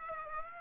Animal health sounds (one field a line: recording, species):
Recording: mosquito wingbeat signal from an infrared sensor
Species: Aedes aegypti